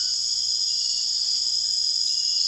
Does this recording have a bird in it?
no